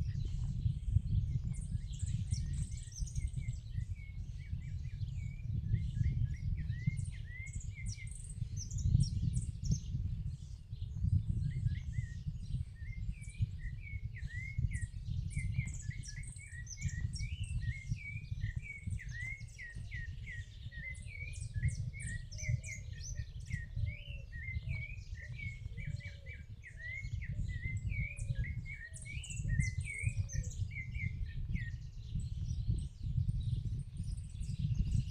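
Small birds chirp and twitter in the countryside, with quick overlapping calls running through the whole clip, some high and thin, others in a busier band just below. Underneath, a steady low rumble of wind or far-off noise persists throughout.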